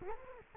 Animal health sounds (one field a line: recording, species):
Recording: mosquito wingbeat signal from an infrared sensor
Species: Culex quinquefasciatus